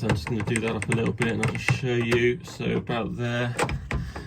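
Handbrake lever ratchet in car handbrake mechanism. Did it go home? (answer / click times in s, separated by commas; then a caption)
no / none. Someone talks while adjusting the handbrake cable in a car's handbrake mechanism, handling the handbrake lever with its metal ratchet. A couple of short, sharp sounds come near the end, but the lever has not been pulled home and nothing has clicked or seated yet.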